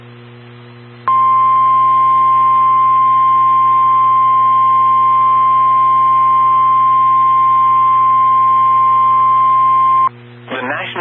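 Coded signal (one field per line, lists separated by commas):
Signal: Emergency Alert System (SAME) tones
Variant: 1050 Hz attention tone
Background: speech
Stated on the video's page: Valid EAS tones for a tornado warning for Carroll and Whiteside counties, Illinois, issued by the National Weather Service.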